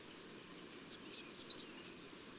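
Bird song: a short high-pitched phrase of about six thin whistled notes, ending in a brighter, louder final note, in a quiet background.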